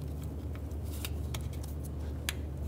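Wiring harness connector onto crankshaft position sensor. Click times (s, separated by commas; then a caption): 2.3 s. The electrical connector from the wiring harness is pushed onto a new crankshaft position sensor on a 2000–2007 Ford Focus, then given a push back to make sure it is locked on. Over a steady low hum, faint ticks come at 1.1 s and 1.4 s before a sharp, strong click at 2.3 s as the connector latches. The connector is seated and locked.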